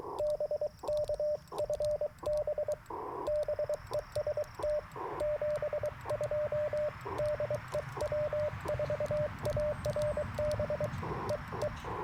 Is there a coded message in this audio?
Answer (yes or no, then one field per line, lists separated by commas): yes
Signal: Morse code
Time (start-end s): 0.2-11.7 s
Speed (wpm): 23 wpm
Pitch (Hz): 600 Hz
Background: radio noise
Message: BK FB BEST 72 DE W4ARB EE